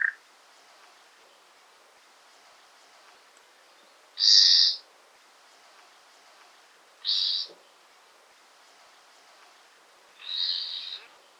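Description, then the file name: Common nightingale calls: three short, high, tight notes spaced about three seconds apart, with a brief lower note at the very start, over quiet background hiss. "Luscinia megarhynchos"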